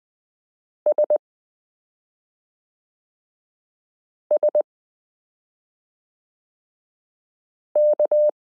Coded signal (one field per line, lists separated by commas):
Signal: Morse code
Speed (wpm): 20 wpm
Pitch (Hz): 600 Hz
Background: none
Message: SSK